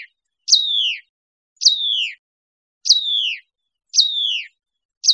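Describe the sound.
Hutton's vireo calls: clear, sharp notes that drop steeply from high to lower pitch, repeated about once a second, with silence between.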